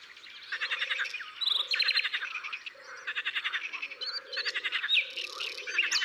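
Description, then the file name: Great reed warbler singing grating, churring phrases in rapid repeated bursts, over a continuous low rhythmic pulsing in the background. Recorded in the Drôme. "Rousserolle turdoide Concerts Naturels de la Drome Studio les Trois Becs"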